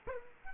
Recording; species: mosquito wingbeat signal from an infrared sensor; Culex quinquefasciatus